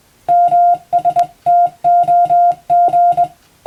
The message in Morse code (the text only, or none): MSTOG